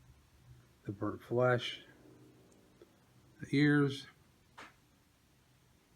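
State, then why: Seated. A swappable plastic head is pushed onto the neck joint peg of a 1/4 scale action figure. Someone talks, and at 4.6 s a single sharp snap is heard as the head pops into place and seats.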